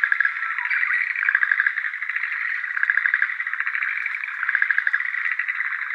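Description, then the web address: Schlegel's green tree frog calls: continuous pulsed, rattling croaks in a mid-pitched band, rising and falling in loudness in overlapping bursts throughout. Recorded 9 April 2013. "birdenaga syurehgeruaogaeru"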